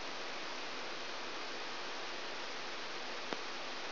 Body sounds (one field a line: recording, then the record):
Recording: brain microelectrode recording played as sound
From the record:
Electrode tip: outside the subthalamic nucleus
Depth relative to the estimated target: -8 mm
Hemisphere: right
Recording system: AlphaMap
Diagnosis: Parkinson's disease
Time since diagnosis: 12 years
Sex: female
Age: 56 years